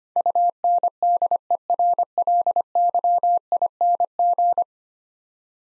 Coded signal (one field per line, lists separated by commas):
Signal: Morse code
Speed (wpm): 25 wpm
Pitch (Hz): 700 Hz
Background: none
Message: UNDERLYING